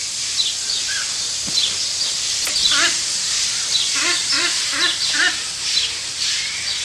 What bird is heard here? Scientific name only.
Plegadis ridgwayi